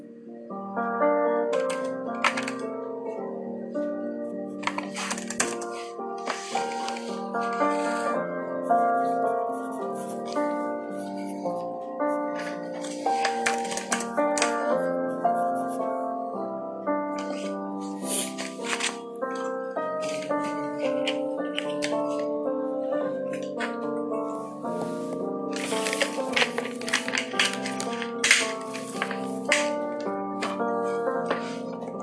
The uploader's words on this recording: There's sound of typing on the keyboard and stuff.